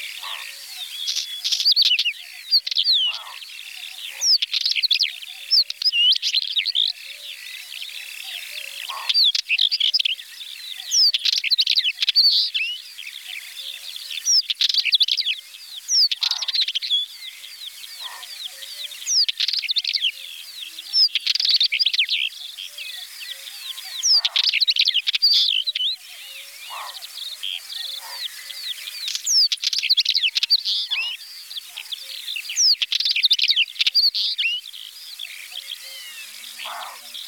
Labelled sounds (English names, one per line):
Northern Wheatear song